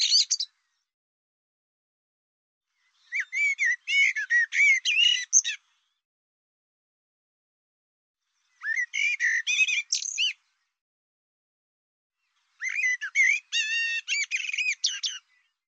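Bird repeating bursts of fast chattering, whistled notes every few seconds, with silence between.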